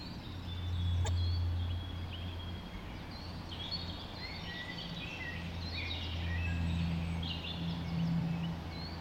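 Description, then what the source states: Birds in a dawn chorus, overlapping warbles and high whistles throughout, with a loud low rumbling drone rising and falling underneath. Dawn chorus recorded just after dawn in the Forest of Dean.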